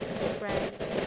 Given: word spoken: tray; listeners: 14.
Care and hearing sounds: one English word in noise, from a listening test; noise modulated by three-talker babble; -7.7 dB; 0 of 14; 6 of 14; 0.67 s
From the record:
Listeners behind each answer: 6, 2, 2, 2, 1, 1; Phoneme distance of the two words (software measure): 34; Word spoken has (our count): 1 syllable, 3 phonemes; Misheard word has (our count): 1 syllable, 5 phonemes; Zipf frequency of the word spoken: 4.15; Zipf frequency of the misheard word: 5.29

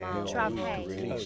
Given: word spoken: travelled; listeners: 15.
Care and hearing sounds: one English word in noise, from a listening test; four-talker babble; -0.5 dB; 0 of 15; 9 of 15; 0.86 s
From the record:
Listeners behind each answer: 9, 6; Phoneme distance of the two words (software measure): 7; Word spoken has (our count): 2 syllables, 6 phonemes, stress on syllable 1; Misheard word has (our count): 2 syllables, 5 phonemes, stress on syllable 1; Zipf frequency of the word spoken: 4.40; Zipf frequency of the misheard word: 4.82

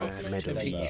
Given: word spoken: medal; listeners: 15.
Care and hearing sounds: one English word in noise, from a listening test; four-talker babble; -0.6 dB; 2 of 15; 8 of 15; 0.50 s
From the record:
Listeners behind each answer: 8, 2, 1, 1, 1, 1, 1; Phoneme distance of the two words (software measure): 17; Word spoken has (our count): 2 syllables, 5 phonemes, stress on syllable 1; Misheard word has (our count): 2 syllables, 4 phonemes, stress on syllable 1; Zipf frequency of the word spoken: 4.64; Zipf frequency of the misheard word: 3.63

